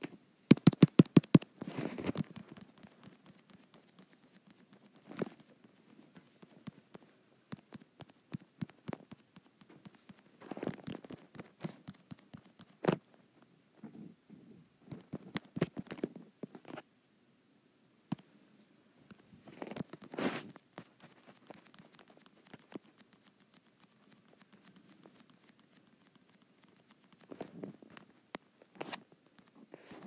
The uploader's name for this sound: ASMR Touch Screen